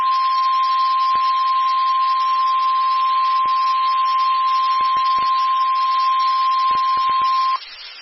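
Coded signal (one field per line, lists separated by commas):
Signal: Emergency Alert System (SAME) tones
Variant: 1050 Hz attention tone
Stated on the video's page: Severe Thunderstorm Warning from the National Weather Service Shreveport for eastern Texas counties; radar-indicated storms with 60 mph gusts and quarter-size hail.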